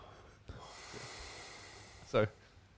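During sleep in an adult man with obstructive sleep apnea, a quiet pause with no breathing is followed by two loud snorting gasps as he tries to breathe in. His own tongue blocks his airway, and the inhalation strains against the obstruction.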